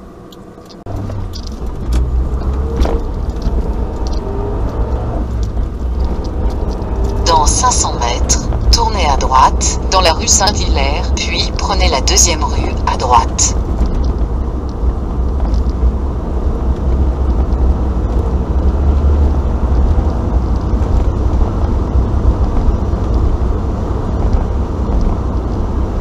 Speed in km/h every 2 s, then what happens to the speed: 17, 27, 33, 45, 49, 54, 59, 64, 67, 72, 76, 77, 76.
0-20 speeds up to 76. 20-26 steady at about 76.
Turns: none.